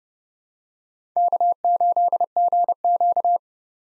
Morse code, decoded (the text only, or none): K8GQ